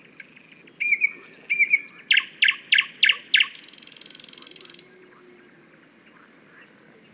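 Thrush nightingale: a few whistled notes, then several loud evenly spaced clacking notes, followed by a dry buzzing trill lasting over a second.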